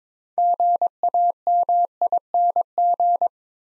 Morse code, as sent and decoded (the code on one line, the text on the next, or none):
--. .- -- .. -. --.
GAMING